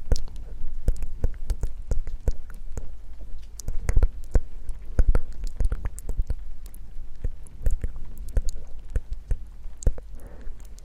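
ASMR mouth sounds: sharp, wet clicks and pops come thick and irregularly, several each second, for the whole stretch. A low, steady rumble lies underneath, and a soft breathy hiss surfaces briefly near the end.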